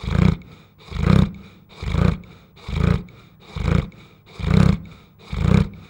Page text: Tom Hutchings. Dog Snoring - Huge Newfoundland dog snoring